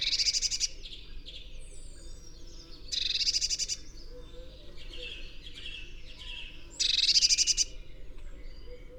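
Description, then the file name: Eurasian blue tit giving three rasping, buzzy bursts spaced roughly three seconds apart, separated by softer high chirps and sliding notes, with low background hum. "Cyanistes caeruleus"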